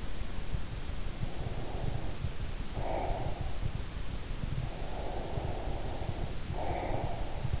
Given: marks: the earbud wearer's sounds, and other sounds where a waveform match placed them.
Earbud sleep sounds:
sounds in sleep by an in-ear microphone; breath
1.22-3.64 s: breath
4.68-7.60 s: breath

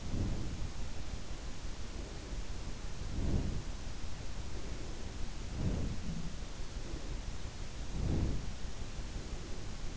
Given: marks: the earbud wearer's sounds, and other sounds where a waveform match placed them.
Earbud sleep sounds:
sounds in sleep by an in-ear microphone; breath
0.00-0.64 s: breath
3.09-3.67 s: breath
5.42-6.32 s: breath
7.87-8.65 s: breath

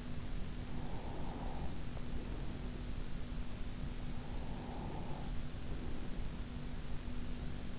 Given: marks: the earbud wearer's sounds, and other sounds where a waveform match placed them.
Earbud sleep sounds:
sounds in sleep by an in-ear microphone; breath
0.80-2.80 s: breath
4.58-6.15 s: breath

